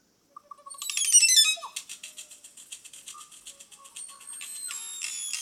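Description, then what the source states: Crested Oropendola song: a few soft low notes, then a bright gurgling cascade of stacked descending notes, followed by a fast run of ticking pulses and high whistles. Song played at normal speed.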